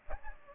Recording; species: mosquito wingbeat signal from an infrared sensor; Aedes aegypti